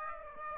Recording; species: mosquito wingbeat signal from an infrared sensor; Aedes aegypti